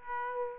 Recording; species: mosquito wingbeat signal from an infrared sensor; Aedes aegypti